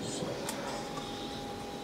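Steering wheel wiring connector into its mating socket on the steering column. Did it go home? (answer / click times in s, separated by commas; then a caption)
no / none. A plastic clip wiring connector for a yoke steering wheel being fitted to a Tesla Model 3 is handled at its mating socket on the steering column. A steady broadband hum with a faint tonal line continues throughout, with brief soft handling rustles near 0.2 s and 0.5 s. Nothing has seated or clicked yet.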